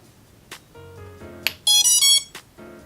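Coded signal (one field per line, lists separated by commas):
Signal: beep code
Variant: BLHeli_S ESC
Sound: three quick rising electronic motor beeps, bracketed by clicks and faint tonal hum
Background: handling clicks, room hum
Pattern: 3 short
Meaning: The ESC and motors are powered and properly connected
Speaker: So whenever you plug it in, it should make three beeps. So here we go. There we go. So if it makes those 3 beeps, everything is correct and your ESC and motors are properly connected.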